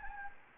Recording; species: mosquito wingbeat signal from an infrared sensor; Anopheles gambiae